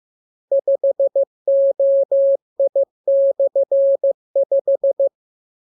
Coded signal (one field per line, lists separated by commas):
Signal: Morse code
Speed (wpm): 15 wpm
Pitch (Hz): 550 Hz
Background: none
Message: 5OI/5